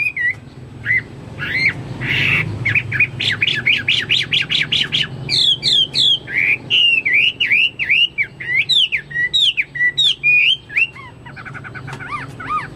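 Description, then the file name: Chinese hwamei song mixing harsh chattering notes with quick sweeping whistles and looping slurred phrases, delivered rapidly and loudly. "omkicau hwamei"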